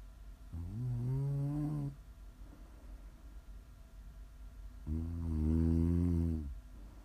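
Two long, low, buzzing snores about four seconds apart, each lasting over a second with a droning, slightly rising pitch, and quiet breathing in between. Regular ASMR snoring from a sleeping adult at roughly 14 breaths a minute, meant for relaxing and winding down.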